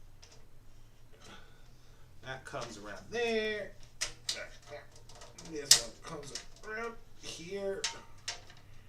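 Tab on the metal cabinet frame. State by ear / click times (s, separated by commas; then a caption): not seated / none. A tab on the metal frame of an IKEA Helmer cabinet is bent around by hand to be locked into place, while someone talks. Short, sharp handling sounds are heard around 4.0, 4.3 and 8.3 seconds. The tab is still being handled and nothing has seated or clicked yet.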